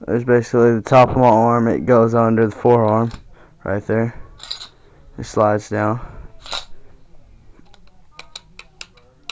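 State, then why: Seated. A retractable hidden blade slides down along a forearm-mounted housing that runs under the forearm, producing a run of small sharp clicks and taps after someone talks. The final sharp hit at 9.3 s is the blade slide locking into place, and it then stays put without moving.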